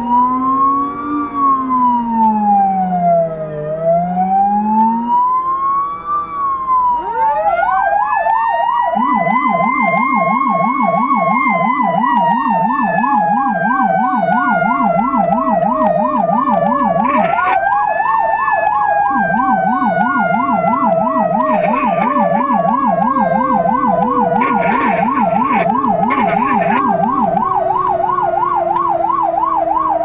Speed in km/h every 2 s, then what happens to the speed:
57, 53, 48, 40, 32, 27, 25, 24, 28, 32, 35, 43, 48, 53, 55.
0-13 slows to 24. 13-30 speeds up to 55.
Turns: none.